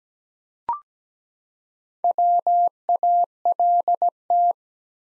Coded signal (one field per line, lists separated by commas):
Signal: Morse code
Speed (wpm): 17 wpm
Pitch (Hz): 700 Hz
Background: none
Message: WALT